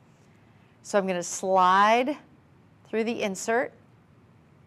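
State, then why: Not seated. Someone talks while sliding the tongue of a tennis bracelet's box clasp through the insert toward the clasp box. Only speech is heard over quiet background noise. The clip ends before the tongue goes home, so nothing has clicked or seated yet.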